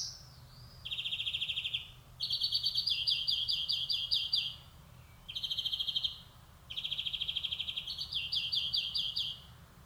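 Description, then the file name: European greenfinch delivering rapid, twittering trills in several bursts, some richer and layered, separated by brief gaps. Low background hum throughout. "Chloris chloris"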